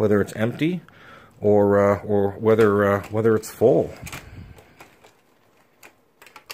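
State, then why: Seated. A part of a plastic toy-brick hopper car is pushed back into place while someone talks, followed by a few faint small clicks. The part snaps back in easily with a sharp click at 6.5 s, seated.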